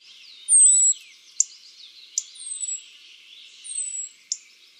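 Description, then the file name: European robin singing thin, high whistled notes that slide downward, mixed with scratchy twitters and a few sharp clicks. "Erithacus rubecula"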